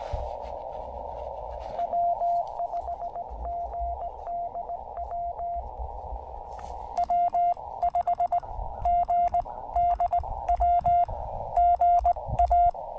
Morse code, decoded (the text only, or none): W5GDW W5GDW GA